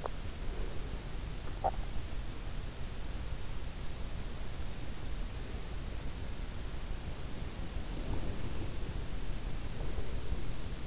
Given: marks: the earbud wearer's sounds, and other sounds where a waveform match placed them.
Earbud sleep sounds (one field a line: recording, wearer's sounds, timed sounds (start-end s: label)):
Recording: sounds in sleep by an in-ear microphone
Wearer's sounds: teeth grinding, swallowing, breath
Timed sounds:
0.00-0.31 s: teeth grinding
1.47-1.91 s: swallowing
7.49-10.87 s: breath